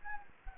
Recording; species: mosquito wingbeat signal from an infrared sensor; Anopheles gambiae